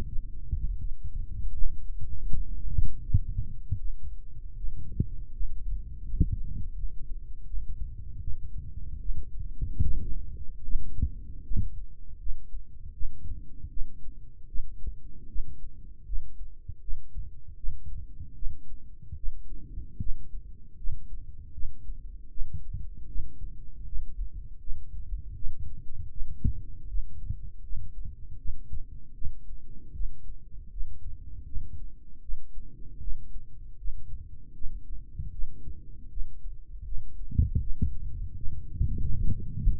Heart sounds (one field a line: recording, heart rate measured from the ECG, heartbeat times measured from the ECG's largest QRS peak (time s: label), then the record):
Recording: heart sounds by microphone in the right ear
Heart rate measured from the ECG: 78 bpm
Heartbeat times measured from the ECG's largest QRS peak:
0.08 s: heartbeat
0.80 s: heartbeat
1.55 s: heartbeat
2.29 s: heartbeat
3.03 s: heartbeat
3.79 s: heartbeat
4.57 s: heartbeat
5.34 s: heartbeat
6.07 s: heartbeat
6.77 s: heartbeat
7.47 s: heartbeat
8.21 s: heartbeat
9.01 s: heartbeat
9.83 s: heartbeat
10.65 s: heartbeat
11.45 s: heartbeat
12.20 s: heartbeat
12.94 s: heartbeat
13.71 s: heartbeat
14.49 s: heartbeat
15.29 s: heartbeat
16.06 s: heartbeat
16.82 s: heartbeat
17.57 s: heartbeat
18.36 s: heartbeat
19.17 s: heartbeat
20.00 s: heartbeat
20.78 s: heartbeat
21.54 s: heartbeat
22.31 s: heartbeat
23.09 s: heartbeat
23.86 s: heartbeat
24.60 s: heartbeat
25.36 s: heartbeat
26.11 s: heartbeat
26.89 s: heartbeat
27.63 s: heartbeat
28.39 s: heartbeat
29.15 s: heartbeat
29.94 s: heartbeat
30.71 s: heartbeat
31.46 s: heartbeat
32.22 s: heartbeat
33.01 s: heartbeat
33.78 s: heartbeat
34.55 s: heartbeat
35.32 s: heartbeat
36.10 s: heartbeat
36.85 s: heartbeat
37.61 s: heartbeat
38.37 s: heartbeat
39.13 s: heartbeat
From the record:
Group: healthy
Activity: rest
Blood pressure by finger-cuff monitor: 132/73 mmHg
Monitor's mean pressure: 91 mmHg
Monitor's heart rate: 79 bpm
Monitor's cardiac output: 4.6 L/min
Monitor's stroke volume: 58 mL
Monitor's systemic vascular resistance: 1450 dyn s/cm5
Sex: male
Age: 55 years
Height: 167 cm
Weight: 57.2 kg